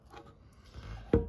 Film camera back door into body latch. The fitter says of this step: right, until it clicks. We make sure that none of the light gets in.